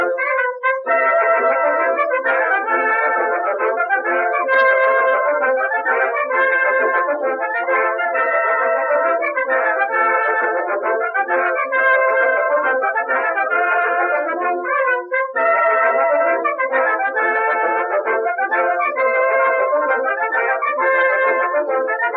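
A warm instrumental plays steadily, with sustained chords and a gently repeating melodic pattern sitting in the middle register. The level stays even throughout, with only a brief dip around fifteen seconds before the phrase resumes. Little deep bass sits underneath.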